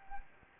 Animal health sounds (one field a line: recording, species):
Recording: mosquito wingbeat signal from an infrared sensor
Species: Anopheles gambiae